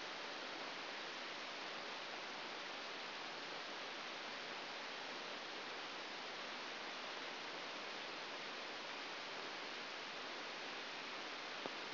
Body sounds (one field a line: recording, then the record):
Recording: brain microelectrode recording played as sound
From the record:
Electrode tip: outside the subthalamic nucleus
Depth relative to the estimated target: -6 mm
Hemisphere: right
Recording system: AlphaMap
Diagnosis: Parkinson's disease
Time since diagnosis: 12 years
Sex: male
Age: 57 years